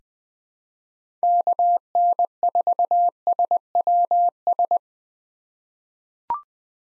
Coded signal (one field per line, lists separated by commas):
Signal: Morse code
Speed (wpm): 20 wpm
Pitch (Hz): 700 Hz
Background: none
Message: KN4SWS